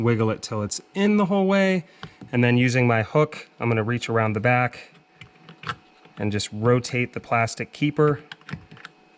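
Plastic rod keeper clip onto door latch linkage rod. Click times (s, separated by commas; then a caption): 8.5 s, 8.9 s. A hook reaches around the back of a 2003–2008 Honda Pilot rear door to rotate the small plastic keeper over the door latch linkage rod while someone talks. The keeper snaps onto the rod and clicks into place at about 8.5 s and 8.8 s.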